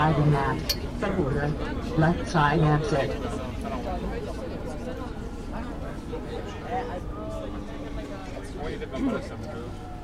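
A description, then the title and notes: A metro ride under the city, with passengers talking over the steady rumble of the train. Voices are loudest and clearest in the first three seconds, then fade into a murmur of chatter while the low, continuous drone of the carriage carries on. Recorded by Cities and Memory. A metro journey beneath the streets of Rome from the Termini station to Circo Massimo.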